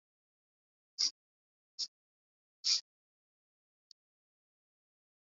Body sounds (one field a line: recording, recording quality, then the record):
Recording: shallow breathing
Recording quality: excellent, no background noise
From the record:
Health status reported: COVID-19 positive, moderate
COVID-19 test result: positive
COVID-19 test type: RT-PCR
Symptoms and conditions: cough, cold, fever, fatigue, muscle pain, loss of smell and taste, diarrhoea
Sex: male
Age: 25 years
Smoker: no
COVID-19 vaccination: both doses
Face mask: worn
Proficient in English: yes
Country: India